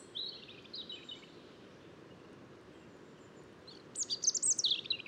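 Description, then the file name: European robin song, soft: a short thin warble at the start, a long pause, then a brighter rapid run of high notes. "Erithacus rubecula"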